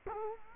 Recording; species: mosquito wingbeat signal from an infrared sensor; Culex quinquefasciatus